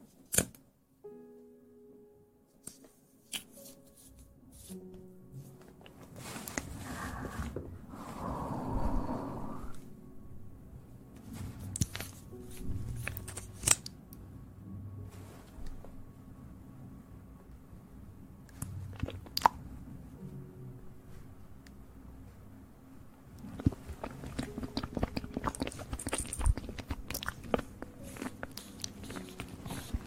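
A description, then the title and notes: Eating sugar with aloe vera gel ear massage: irregular crunchy chewing and wet clicks, with denser bursts around 7–9 seconds and after 24. Eating sugar, aloe vera gel ear massage.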